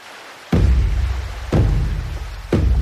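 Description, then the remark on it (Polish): Sea waves break on the shore in three surging crashes, about one per second, each a sudden broad rush that settles into a low, rumbling wash. No voices are heard. “Naszą audycję nadamy ze studia nad morzem.”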